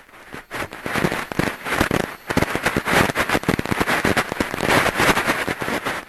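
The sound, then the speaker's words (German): Fizzing bubbles in a glass of sparkling water, not fully drunk, standing on a table: a dense, steady crackle of many tiny pops spread across a bright, hissy range, loud and continuous with brief dips, no voices. “Und diese kleinen Bläschen, die da hochfliegen, die machen so einen Krach.”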